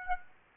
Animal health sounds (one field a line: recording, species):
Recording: mosquito wingbeat signal from an infrared sensor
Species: Aedes aegypti